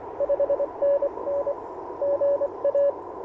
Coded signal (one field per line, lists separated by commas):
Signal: Morse code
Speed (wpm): 24 wpm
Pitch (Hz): 560 Hz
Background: radio noise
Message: 5NN GA